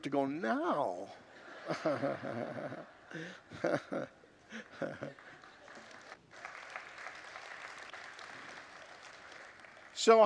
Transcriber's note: congregants laugh